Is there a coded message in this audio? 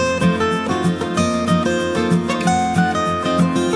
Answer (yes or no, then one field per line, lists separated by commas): no